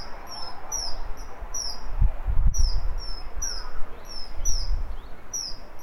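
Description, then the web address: Bird chirps: short, high notes falling in pitch, delivered in bursts of two or three, over low rumbling background noise. "yacho koe"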